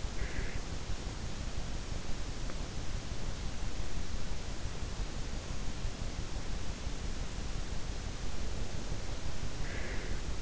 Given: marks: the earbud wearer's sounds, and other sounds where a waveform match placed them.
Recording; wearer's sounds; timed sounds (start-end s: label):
sounds in sleep by an in-ear microphone; breath
0.00-0.78 s: breath
9.58-10.42 s: breath